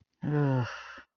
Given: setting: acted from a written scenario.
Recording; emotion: vocal sound without words; guilt